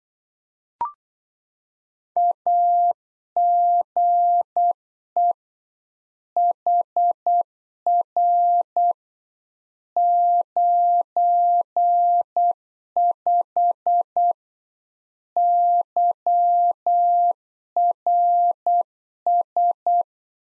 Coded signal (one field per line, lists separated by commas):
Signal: Morse code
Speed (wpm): 8 wpm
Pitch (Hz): 700 Hz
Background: none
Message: AGE HR 95 YRS